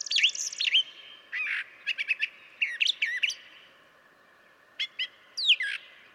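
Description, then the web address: Brown Thrasher song: bursts of varied sharp phrases, some paired, broken by short pauses and a longer gap before the final phrases. "birdsongforthecurious Brown Thrasher"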